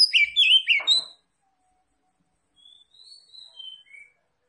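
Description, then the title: Oriental magpie-robin song: a loud burst of rich, descending whistled notes, silence, then a few soft, thin whistles. Tretes type, described as gacor (singing vigorously). "Kacer Tretes"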